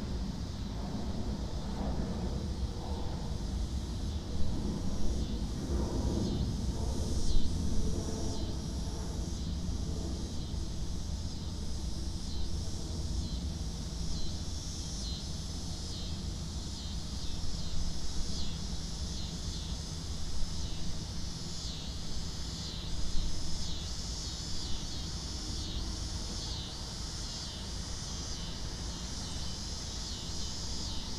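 Cicadas pulse steadily in bright waves over a low, constant rumble of airplanes overhead, with occasional louder bumps every few seconds.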